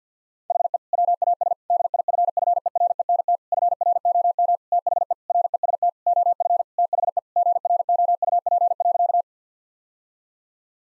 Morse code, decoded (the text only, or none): HE WAS DIFFERENT FROM THE REST OF THE GROUP.